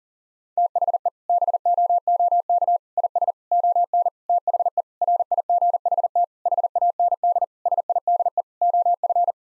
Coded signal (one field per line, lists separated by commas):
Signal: Morse code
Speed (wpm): 40 wpm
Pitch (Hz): 700 Hz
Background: none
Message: THE BOOK IS ON THE RIGHT HAND SIDE OF